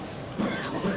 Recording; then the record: coughing mixed with background sound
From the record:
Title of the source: Spring Cold Coughing 3